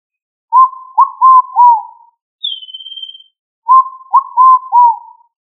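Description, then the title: Pigeon coos in two short phrases of hooting notes that dip in pitch, separated by one brief high, thin whistle. "Familia Columbidae Pomba"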